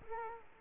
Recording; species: mosquito wingbeat signal from an infrared sensor; Culex quinquefasciatus